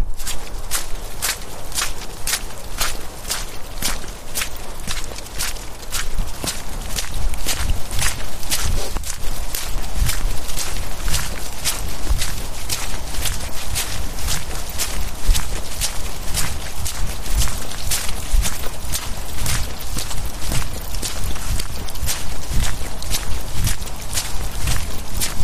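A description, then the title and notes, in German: Footsteps on a path through a wet, cold December forest, crunching at a steady walking pace, about two steps per second, for the whole stretch. A low, constant rumble sits underneath, and the overall level stays even throughout. Mittags mit dem Hund im Wald. Ein Weg durch den nasskalten Dezemberwald mit Hund.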